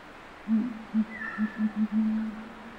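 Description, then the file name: New Caledonian imperial pigeon giving a series of deep, low coos, a longer first note followed by quick repeated hoots ending in a drawn-out tone. "ncimperialpigeon"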